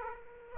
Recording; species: mosquito wingbeat signal from an infrared sensor; Aedes aegypti